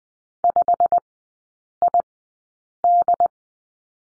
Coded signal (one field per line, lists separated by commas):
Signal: Morse code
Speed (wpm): 20 wpm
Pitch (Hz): 700 Hz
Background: none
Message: 5ID